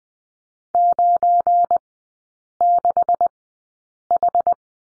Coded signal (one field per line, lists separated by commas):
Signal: Morse code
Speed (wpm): 20 wpm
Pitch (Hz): 700 Hz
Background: none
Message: 96H